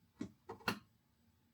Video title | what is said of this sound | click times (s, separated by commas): DETAILED REVIEW EcoFlow Delta Pro ULTRA | you hear that click right | 0.7 s